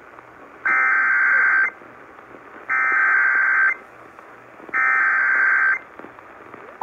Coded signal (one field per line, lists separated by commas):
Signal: Emergency Alert System (SAME) tones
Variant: header bursts